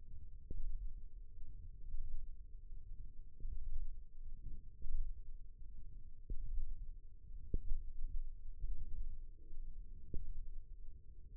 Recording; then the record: forearm muscle sounds (acoustic myography)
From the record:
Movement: radial deviation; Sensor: system 1, eight BSWA MPA416 microphones around the upper forearm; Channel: 2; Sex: female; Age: 21 years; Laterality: right